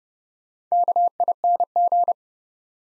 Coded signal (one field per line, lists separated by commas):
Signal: Morse code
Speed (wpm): 31 wpm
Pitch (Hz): 700 Hz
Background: none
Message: KING